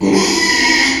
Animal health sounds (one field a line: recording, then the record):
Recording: squeal of a Yucatan mini pig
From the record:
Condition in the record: after surgery on the right vocal fold (resection and tissue-engineered implant)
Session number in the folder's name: 2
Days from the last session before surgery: 13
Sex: male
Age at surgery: 12 weeks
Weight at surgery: 13 kg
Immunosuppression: cyclosporine, prednisolone